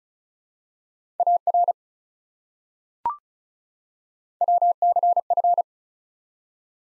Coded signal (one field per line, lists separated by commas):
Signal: Morse code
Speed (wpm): 36 wpm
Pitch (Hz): 700 Hz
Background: none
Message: AR WCF